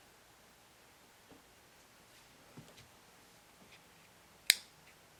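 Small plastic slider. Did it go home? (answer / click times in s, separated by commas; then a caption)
yes / 4.5 s. The connector of a plastic Phicool 128GB USB thumb drive, which holds only 30.2GB of actual storage, is slid out of its housing with a few faint scrapes and rustles. It locks in place with a single sharp click at 4.5 s.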